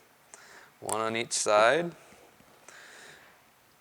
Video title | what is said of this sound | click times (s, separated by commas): Most needed accessory for my Scrambler 850/1000 Side Panels | And a lot of times they'll just snap right in. | 0.3 s